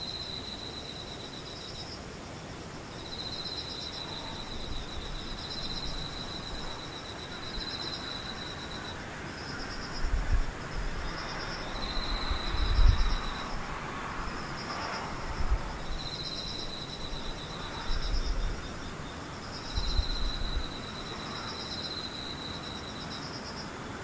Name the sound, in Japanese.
ムシ